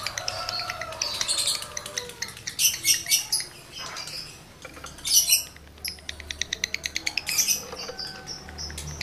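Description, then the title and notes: Lovebird song: strident squeaky bursts interspersed with fast, dry clicking rattles and chattering notes. Male lovebird in breeding condition; the song is used as a lure to stimulate other lovebirds to sing. "Birahi Lovebird Jantan ke Gacor. Pancingan Suara Lovebird jantan birahi"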